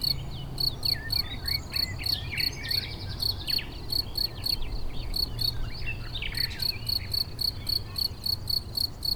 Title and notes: Au bord d'une prairie riche en grillons